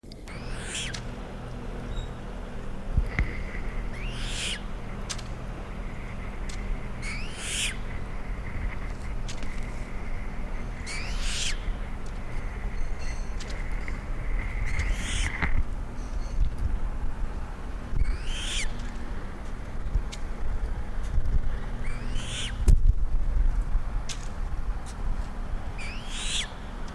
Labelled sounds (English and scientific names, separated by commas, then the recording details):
Eurasian Coot (Fulica atra) call
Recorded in the wild
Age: juvenile
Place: Ferch, Schwielowsee, Brandenburg, DE
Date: 1997-09-05 14:32
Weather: 24°C, heiter
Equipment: Sony MD-WM MZ-R3, Sennheiser ME 80, K 30 AV, Kopie Uher 4000 Report Monitor
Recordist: Tembrock, Günter